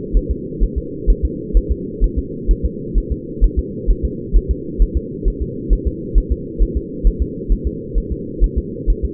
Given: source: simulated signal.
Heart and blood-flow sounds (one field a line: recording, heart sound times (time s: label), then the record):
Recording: fetal heart sounds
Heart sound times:
0.17 s: S1
0.31 s: S2
0.63 s: S1
0.78 s: S2
1.10 s: S1
1.25 s: S2
1.57 s: S1
1.72 s: S2
2.04 s: S1
2.19 s: S2
2.51 s: S1
2.66 s: S2
2.98 s: S1
3.12 s: S2
3.44 s: S1
3.59 s: S2
3.91 s: S1
4.05 s: S2
4.36 s: S1
4.51 s: S2
4.82 s: S1
4.97 s: S2
5.28 s: S1
5.42 s: S2
5.73 s: S1
5.87 s: S2
6.18 s: S1
6.32 s: S2
6.62 s: S1
6.77 s: S2
7.07 s: S1
7.22 s: S2
7.52 s: S1
7.67 s: S2
7.98 s: S1
8.12 s: S2
8.44 s: S1
8.58 s: S2
8.90 s: S1
9.05 s: S2
From the record:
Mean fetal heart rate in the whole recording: 130 bpm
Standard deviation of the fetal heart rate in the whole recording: 2 bpm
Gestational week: 36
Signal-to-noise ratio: -4.1 dB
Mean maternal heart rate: no maternal heart sound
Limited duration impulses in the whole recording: absent